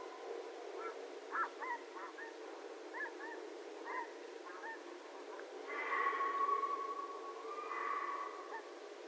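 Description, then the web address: Red fox calls: a run of short harsh barks, then two longer drawn-out wailing screams toward the end, over steady low background noise. Recorded 6 January 2012. "Red Fox 2012 01 06 Red Fox"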